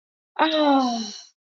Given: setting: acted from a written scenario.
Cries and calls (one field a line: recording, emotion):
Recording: vocal sound without words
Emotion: ecstasy